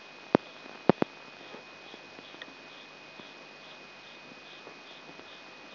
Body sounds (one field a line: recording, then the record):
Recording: brain microelectrode recording played as sound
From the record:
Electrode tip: outside the subthalamic nucleus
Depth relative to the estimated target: 4 mm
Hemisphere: left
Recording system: AlphaMap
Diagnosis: Parkinson's disease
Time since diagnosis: 9 years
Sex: male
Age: 58 years